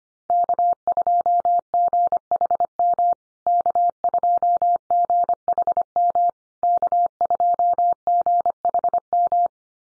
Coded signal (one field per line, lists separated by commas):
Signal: Morse code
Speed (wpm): 25 wpm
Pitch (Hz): 700 Hz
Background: none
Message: K2GHM K2GHM K2GHM